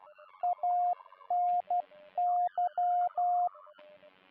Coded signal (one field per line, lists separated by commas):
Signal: Morse code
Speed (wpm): 12 wpm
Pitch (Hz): 710 Hz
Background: music, radio noise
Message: ANY